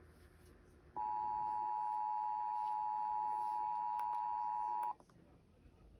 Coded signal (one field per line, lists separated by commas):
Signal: Emergency Alert System (SAME) tones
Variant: 853 and 960 Hz attention tone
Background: speech